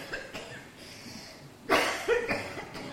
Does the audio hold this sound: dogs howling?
no